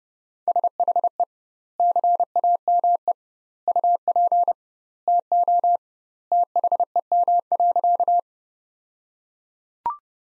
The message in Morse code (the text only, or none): SHE CAME UP TO THEM.